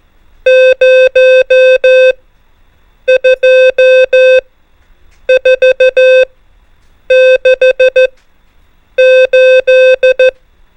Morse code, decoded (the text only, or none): 0 2 4 6 8